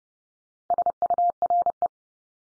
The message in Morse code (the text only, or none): SURE